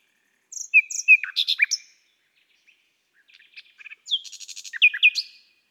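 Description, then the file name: Common nightingale song with clear whistled notes and churring phrases, a quiet gap, then a fast rattling trill and more whistled notes. "Rossignol philomele Chants doiseaux des bois et des forets"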